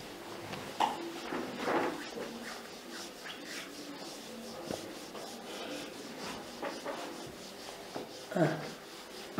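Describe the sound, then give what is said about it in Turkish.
A pen scratches across paper in short, irregular strokes as notes are written during an Arabic lesson, a soft rubbing texture with brief pauses between bursts, fairly quiet throughout. “Yaz şimdi.”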